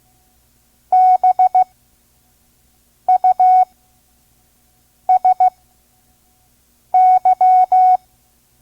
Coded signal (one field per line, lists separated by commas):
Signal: Morse code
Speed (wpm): 15 wpm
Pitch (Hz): 740 Hz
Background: none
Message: BUSY